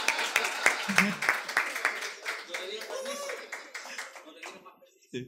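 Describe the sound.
An audience bursts into applause, a dense patter of many hands clapping with some voices mixed in, gradually thinning and fading out over a few seconds.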